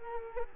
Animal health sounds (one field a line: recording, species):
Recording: mosquito wingbeat signal from an infrared sensor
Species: Culex quinquefasciatus